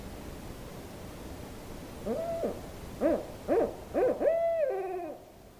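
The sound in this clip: Owl hooting: after two seconds of quiet hiss, a few short hoots lead into a longer wavering, whinnying note.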